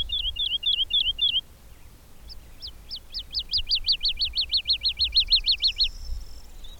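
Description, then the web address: Bird song: a few quick down-slurred chirps, a brief pause, then a long fast trill of rising-and-falling notes that speeds up and ends abruptly, over faint low rumble. "madarak enek"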